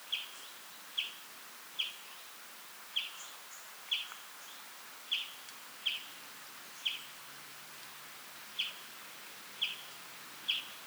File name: Chloris chloris 190325